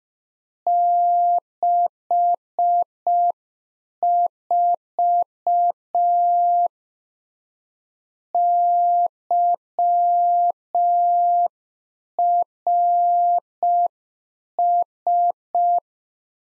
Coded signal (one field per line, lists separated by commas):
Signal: Morse code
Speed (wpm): 5 wpm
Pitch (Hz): 700 Hz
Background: none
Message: 64 YRS